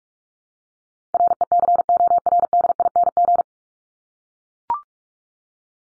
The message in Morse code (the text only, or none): RECORDING